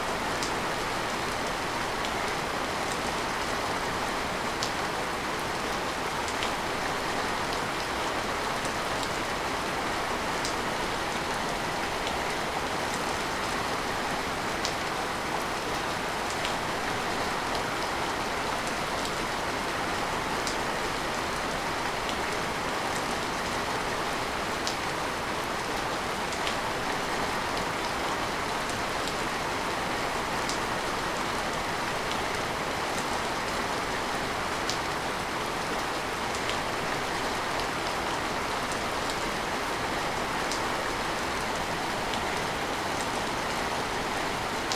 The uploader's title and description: A Rainy Sunday Morning With Relaxing Rain. The gentle music of raindrops